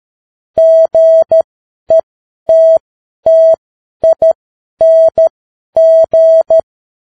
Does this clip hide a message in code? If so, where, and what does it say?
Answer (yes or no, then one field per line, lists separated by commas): yes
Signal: Morse code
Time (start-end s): 0.6-6.6 s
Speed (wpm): 13 wpm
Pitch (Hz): 650 Hz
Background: none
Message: GETTING